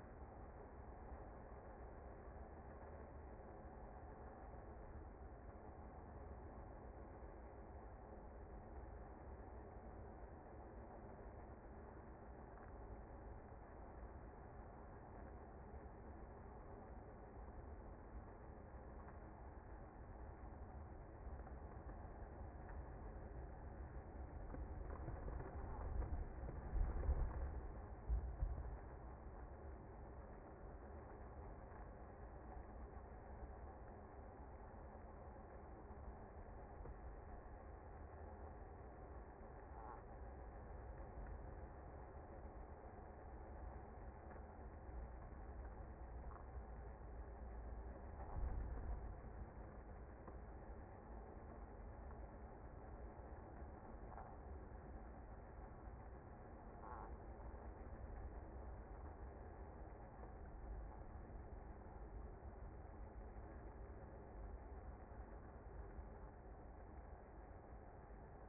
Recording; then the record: honeybee colony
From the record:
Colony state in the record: active